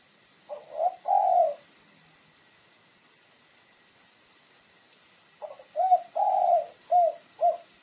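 Pigeon giving low, hollow coos: two notes, a pause of several seconds, then a fuller phrase of several coos with a long middle note.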